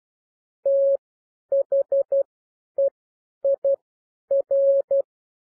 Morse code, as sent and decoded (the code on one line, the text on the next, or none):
- .... . .. .-.
THEIR